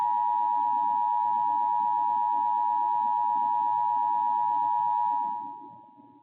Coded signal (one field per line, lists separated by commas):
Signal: Emergency Alert System (SAME) tones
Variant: 853 and 960 Hz attention tone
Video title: 4 AM Special Marine Warning on KTRMedia (6/9/25) (EAS 13283-13284)